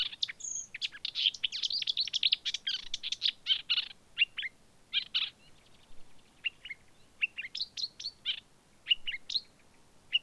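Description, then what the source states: Marsh warbler song: rapid, varied chattering phrases of high scratchy and whistled notes, a brief pause in the middle, then more spaced clipped notes resuming. Recorded on 25 June 2020.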